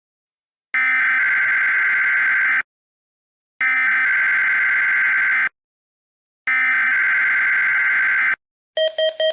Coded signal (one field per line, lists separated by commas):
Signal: Emergency Alert System (SAME) tones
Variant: header bursts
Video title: Pissed off EAS Test: KJY85